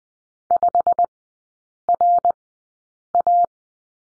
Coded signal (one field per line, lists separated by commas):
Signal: Morse code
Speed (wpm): 20 wpm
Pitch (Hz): 700 Hz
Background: none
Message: 5RA